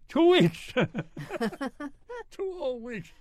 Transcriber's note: laughs